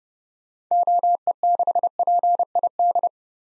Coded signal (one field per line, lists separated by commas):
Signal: Morse code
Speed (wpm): 30 wpm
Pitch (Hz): 700 Hz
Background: none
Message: OE6PID